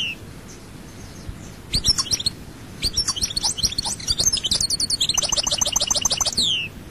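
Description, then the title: European goldfinch singing a building phrase: scattered high chirps, then a continuous rush of twittering, trilled and buzzy notes to the end. "Chant Chardonneret"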